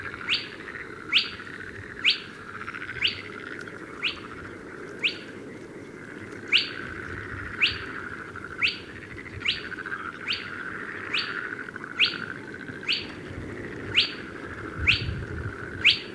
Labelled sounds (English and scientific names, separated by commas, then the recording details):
Spotted Crake (Porzana porzana) call
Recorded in the wild
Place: Schwerin, Großer Dambecker See, Mecklenburg-Vorpommern, DE
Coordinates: 53.781, 11.392
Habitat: lake
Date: 1975-05-09 21:30
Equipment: Nagra III BH, Sennheiser MD 21, parabola
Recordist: Schubert, Michael